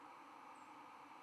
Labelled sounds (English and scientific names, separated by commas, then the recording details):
White-throated Sparrow (Zonotrichia albicollis) flight call
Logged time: 03:21 on 11 November 2014